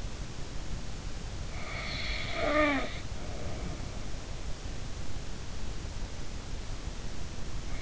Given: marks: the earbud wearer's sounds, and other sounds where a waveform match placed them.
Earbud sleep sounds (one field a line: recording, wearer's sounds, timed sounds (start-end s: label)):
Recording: sounds in sleep by an in-ear microphone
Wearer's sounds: snoring breath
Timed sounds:
1.37-4.03 s: snoring breath